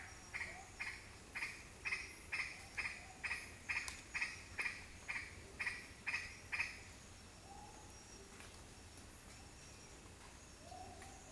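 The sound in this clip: Green aracari giving a rapid run of short, sharp notes roughly twice a second for about six seconds, then stopping.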